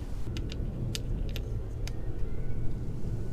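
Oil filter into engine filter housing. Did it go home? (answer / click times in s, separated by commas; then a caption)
no / none. During an oil change on a 2022 Husqvarna FE350S motorcycle, the freshly oiled oil filter is handled at its engine filter housing before being pressed in. Brief, sharp handling ticks land at about 0.4, 0.5, 1.0, 1.4 and 1.9 seconds over a steady low rumble. Nothing has seated or snapped into place yet.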